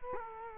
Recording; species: mosquito wingbeat signal from an infrared sensor; Culex quinquefasciatus